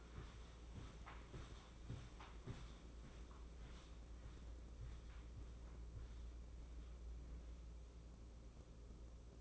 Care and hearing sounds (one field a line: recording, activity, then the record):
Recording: daily activity, microphone in the room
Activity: walk to room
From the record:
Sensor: 1